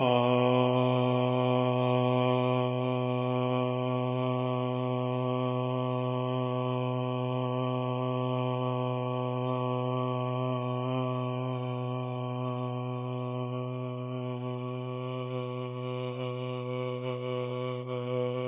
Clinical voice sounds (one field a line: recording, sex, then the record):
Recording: sustained vowel /a/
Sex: male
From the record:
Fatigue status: no fatigue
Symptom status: asymptomatic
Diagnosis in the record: COVID-19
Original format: 3gp